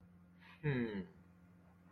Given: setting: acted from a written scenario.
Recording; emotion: vocal sound without words; pride